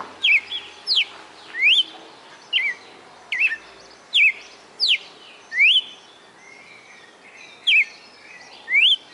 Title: Canto Galo Campina Fêmea. Galo de Campina "o canto perfeito" Fortaleza-CE